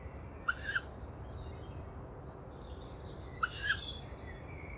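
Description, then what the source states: Tawny owl chick giving two hoarse, hissing wheezes about three seconds apart. Young wild tawny owl overhead near a nest site, Bois de Vincennes, France, woodland, 29 May 2019 at 5:15 am; characteristic breathy call of young owls; recorded with Mixpre-3 and two MKH40 microphones.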